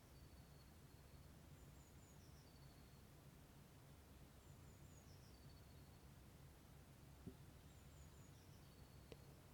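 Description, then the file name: Bird song: faint, high, thin phrases of quick descending notes ending in a drawn-out whistle, repeated about every three seconds over a steady low hum, with a few sharp clicks. "Listen To The Birds"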